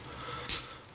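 A plastic upgrade-kit accessory is pressed onto a transforming toy action figure until it pinches into place, seating with a single sharp, bright click at 0.5 s. A faint tick follows at 0.9 s over a quiet background.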